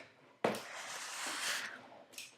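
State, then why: Seated. After the battery is fitted into the stock compartment of a Cybergun FAMAS airsoft rifle, the plastic battery cover is pushed closed and snaps shut with a sharp snap at 0.5 s. A broad, hissing rustle follows until about 1.7 s, then a brief softer sound at 2.2 s. The cover is seated.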